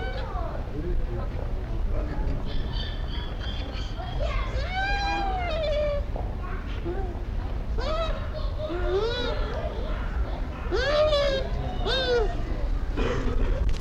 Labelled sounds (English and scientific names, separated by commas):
Bush Dog (Speothos venaticus)